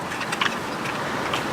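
The keyed plug of the tow-hitch wiring harness on an Espace 4 is pushed into the plastic trailer socket against a steady background hiss. A short, sharp click at 0.4 s marks the plug seating home, and the connector fits together.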